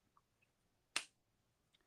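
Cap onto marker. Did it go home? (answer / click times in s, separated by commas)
yes / 1.0 s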